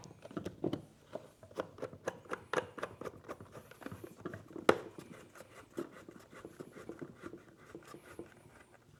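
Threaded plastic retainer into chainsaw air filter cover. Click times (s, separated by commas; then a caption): 4.7 s. A small threaded plastic piece is pressed into the back of a MaxFlow air filter cover while installing it on a Stihl MS462 chainsaw, with light repeated plastic handling and tapping sounds throughout. A sharp snap at 4.7 s marks the piece seating into the cover.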